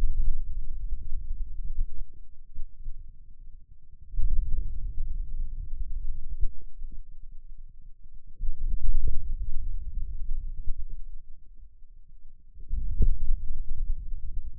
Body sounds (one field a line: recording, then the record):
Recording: forearm muscle sounds (acoustic myography)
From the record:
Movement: wrist extension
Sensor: system 2, bracelet of six BSWA MPA416 microphones around the upper forearm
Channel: 2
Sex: male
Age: 22 years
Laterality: right